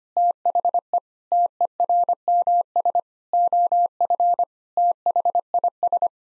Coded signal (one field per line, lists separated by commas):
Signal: Morse code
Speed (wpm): 25 wpm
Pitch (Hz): 700 Hz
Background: none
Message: THE TERMS OF THIS